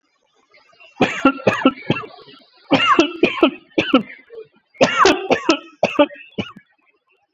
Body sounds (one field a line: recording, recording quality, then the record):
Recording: heavy voluntary cough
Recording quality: excellent, no background noise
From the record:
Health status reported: COVID-19 positive, mild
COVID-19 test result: positive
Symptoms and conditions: cough, breathing difficulty, sore throat, fever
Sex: male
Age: 35 years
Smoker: not ticked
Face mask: not worn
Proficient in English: yes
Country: India